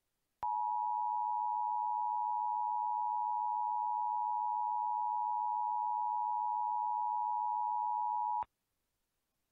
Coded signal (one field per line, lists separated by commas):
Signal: Emergency Alert System (SAME) tones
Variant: 853 and 960 Hz attention tone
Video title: EAS Mock Scenario: The Largest High Risk for Severe Weather Ever Issued (May 30th, 2004)